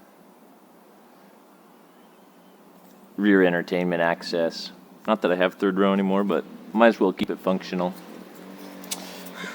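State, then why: Seated. On a Land Rover LR3, the rear entertainment access panel is pressed into the plastic cargo side trim panel, kept functional even though the third row is gone. Someone talks, then two quick clicks at 8.8 and 8.9 seconds mark the panel popping into place and seating in the trim.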